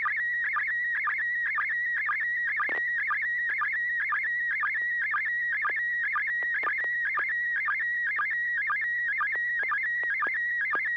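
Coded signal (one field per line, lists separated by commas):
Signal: SSTV (slow-scan television)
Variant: PD120 mode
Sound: warbling whistle near 2 kHz with rhythmic low blips about twice a second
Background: low hum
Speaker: Well, I guess I've already tested audio and tone, so here we go. I don't need to ask for tone. PD 120.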